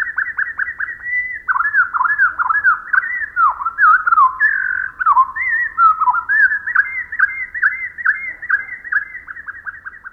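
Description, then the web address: Pacific wren song slowed down, opening and closing with runs of repeated downslurred whistles, with looping warbled phrases between them. Song slowed to quarter speed; Pacific wrens may hear other Pacific wrens' songs this way, enabling them to imitate each other. "Birdnote. What the Pacific Wren Hears"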